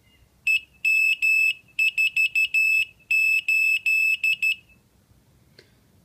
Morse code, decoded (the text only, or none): EM48